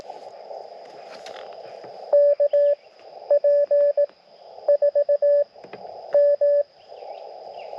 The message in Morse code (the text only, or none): KP4M